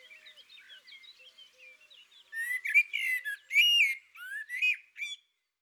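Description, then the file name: Eurasian magpie chatter: light twittering first, then a harsh run of several rasping, chacking notes before silence. Recorded in the countryside. "Pie bavarde Chants doiseaux dans la campagne"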